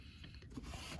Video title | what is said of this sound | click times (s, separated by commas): 2013-2018 Cadillac ATS PCV Valve Replacement | switch hands here if you can see here it just doesn't doesn't click no matter how hard I push in on it and this | none